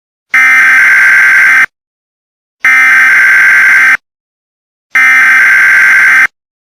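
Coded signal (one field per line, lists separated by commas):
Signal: Emergency Alert System (SAME) tones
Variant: header bursts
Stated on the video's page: Fictional EAS scenario about an escaped Soviet bioweapon.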